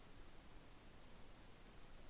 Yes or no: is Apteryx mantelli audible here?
no